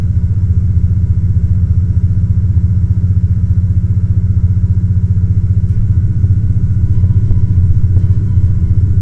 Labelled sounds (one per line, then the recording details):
machinery
flare stack
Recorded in Ivvavik National Park, Yukon, on 2 May 2019 at 11:09
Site AR06